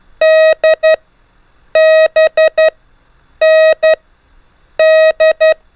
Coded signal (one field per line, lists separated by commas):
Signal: Morse code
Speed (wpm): 11 wpm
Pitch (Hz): 630 Hz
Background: none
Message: D B N D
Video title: 4. ( N - D - B ) EASY TO LEARN MORSE CODE BY GROUPINGS W/ INCREASING SPEED 5 MINS A DAY